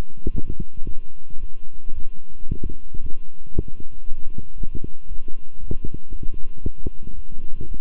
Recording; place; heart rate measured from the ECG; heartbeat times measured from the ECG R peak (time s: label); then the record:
heart sounds by stethoscope; between the tricuspid and mitral areas; 114 bpm
0.30 s: heartbeat
0.84 s: heartbeat
1.38 s: heartbeat
1.93 s: heartbeat
2.46 s: heartbeat
3.00 s: heartbeat
3.52 s: heartbeat
4.05 s: heartbeat
4.56 s: heartbeat
5.07 s: heartbeat
5.59 s: heartbeat
6.11 s: heartbeat
6.62 s: heartbeat
7.14 s: heartbeat
7.66 s: heartbeat
From the record:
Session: walking at 3.7 km/h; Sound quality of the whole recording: good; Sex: male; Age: 26 years